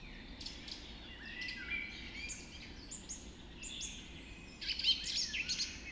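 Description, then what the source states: Birds of a dawn chorus singing together, a tangle of thin whistles and quick chirps rising to a busier flurry in the last seconds. Dawn chorus recorded just after dawn in the Forest of Dean.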